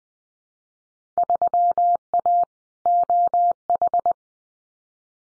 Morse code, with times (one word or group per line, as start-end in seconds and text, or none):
1.2-2.4 3A
2.9-4.1 OH